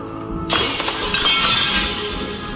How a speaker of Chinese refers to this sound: 是不可能，那叫佩伯尔幻象，用一块玻璃反射出活人的样子，新娘在玻璃中的反射，观众。但他们犯的唯一错误就是移动玻璃的时候打碎了它。